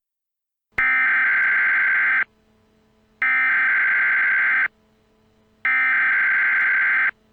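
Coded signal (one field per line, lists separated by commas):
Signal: Emergency Alert System (SAME) tones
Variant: header bursts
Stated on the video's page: Fictional EAS scenario alert, made by the creator.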